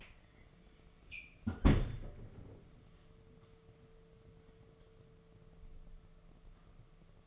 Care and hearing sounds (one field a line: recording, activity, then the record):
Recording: daily activity, microphone in the room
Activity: close fridge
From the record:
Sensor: 4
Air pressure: 1015.9 hPa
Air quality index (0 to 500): 193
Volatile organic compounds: 10 ppm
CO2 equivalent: 2221 ppm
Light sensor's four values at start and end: 9/19/8/8 and 12/27/11/11